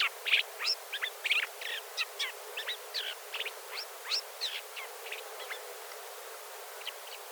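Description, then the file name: Isabelline shrike giving a busy run of short, scratchy and squeaky notes, irregular and varied in pitch, loud at first and fading toward the end. "Golosa ptic - Bulanyj zhulan Lanius isabellinus"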